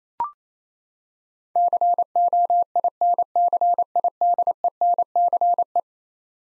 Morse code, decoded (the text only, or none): COINCIDENCE